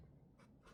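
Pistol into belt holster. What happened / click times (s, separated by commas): The part is being slid into place but has not locked yet / none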